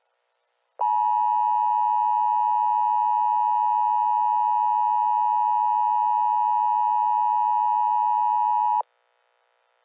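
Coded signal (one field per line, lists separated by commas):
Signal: Emergency Alert System (SAME) tones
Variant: 853 and 960 Hz attention tone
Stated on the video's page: Fictional EAS scenario made with Sitepal Editor, Audacity, PowerPoint and WMM.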